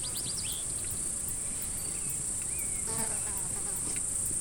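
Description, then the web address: Crickets trilling continuously at high pitch, a few brief bird notes and a short whistled call over constant low background noise. Recorded in Montana in 2013, with birds also present. "Montana 2013 13 Crickets Birds And Bells"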